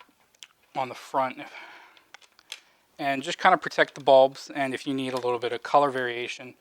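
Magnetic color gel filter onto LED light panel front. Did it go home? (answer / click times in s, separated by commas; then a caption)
yes / 0.4 s. A magnetic color gel filter is placed onto the front of a Viltrox VL-162T LED video light panel and snaps into place with a sharp click at 0.4 s, followed by a few faint taps. Someone talks through most of the clip.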